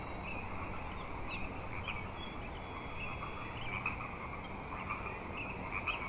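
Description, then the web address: Chorusing frogs give a constant pulsing trill, with higher individual croaks popping out now and then and faint bird chirps and whistles. Frog chorus at Grafton Lake, recorded 3 May 2009. "The Frog Chorus Tunes Up On Grafton Lake"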